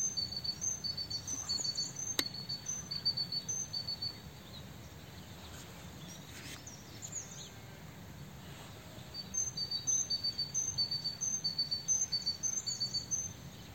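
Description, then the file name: Great tit calling in two bouts of quick, high, piping note pairs alternating in pitch, separated by a quieter gap, over steady low-frequency background noise. "Parus major"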